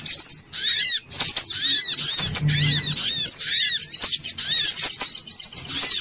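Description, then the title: Little spiderhunter song: fast, high-pitched twittering with repeated down-curving notes, ending in a steady run of sharp high chips, with a brief low hum underneath. Masteran recording, used to train cage birds to sing. "Masteran Burung Sogok Ontong Labaik"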